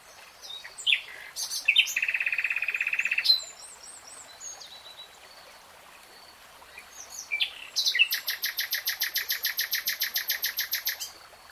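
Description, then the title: Nightingale song with varied phrases: a harsh buzzy stretch, a quiet gap, then a long fast rattling trill of evenly repeated notes. Singing, heard in real time in a 3-hour recording. "[Tiếng chim hót] Nightingale Singing"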